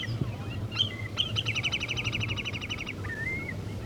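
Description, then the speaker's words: Wood sandpiper singing: brief upslurred whistles lead into a rapid, regular trill of clear repeated notes, then a rising whistle; low hum beneath. "Это поет кулик Фифи."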